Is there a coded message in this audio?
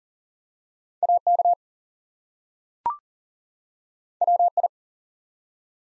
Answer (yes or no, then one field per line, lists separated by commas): yes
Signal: Morse code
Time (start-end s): 1.0-4.7 s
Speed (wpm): 42 wpm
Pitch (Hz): 700 Hz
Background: none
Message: AK WI